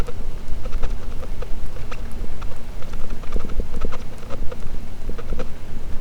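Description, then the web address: Sperm whale click train, short sharp clicks spaced irregularly, a few louder ones standing out above a low rumble. Clean audio, labelled as a positive sperm whale detection. "Pm BP Physeter Macrocephalus clean cachalot positif"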